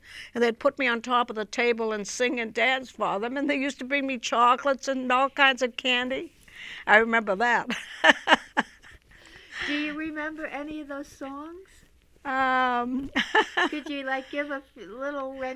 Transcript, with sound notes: And they'd put me on top of the table and sing and dance for them, and they used to bring me chocolates and all kinds of candy. I remember that. (she laughs)
Do you remember any of those songs? (she laughs) Could you like give a little rendition...